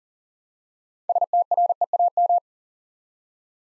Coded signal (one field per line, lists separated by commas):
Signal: Morse code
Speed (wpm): 40 wpm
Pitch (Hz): 700 Hz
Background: none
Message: STREAM